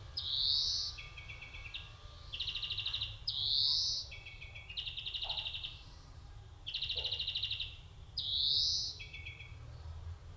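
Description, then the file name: European greenfinch singing wheezy upslurred 'dzweee' notes between quick buzzy trills, the pattern repeating several times in succession. "Chloris chloris"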